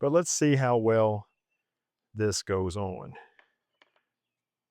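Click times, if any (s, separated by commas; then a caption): none. A camera fitted with an L bracket is handled at the quick-release clamp on the head of a Falcam TreeRoot carbon fiber travel tripod while someone talks. A few faint, brief ticks follow near 3.4 and 3.8 seconds. The bracket has not yet seated or clicked into the clamp.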